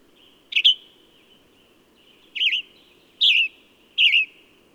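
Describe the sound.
Bird song of four brief wavering chirps, a long gap after the first and the last three closer together, with a low constant background hum.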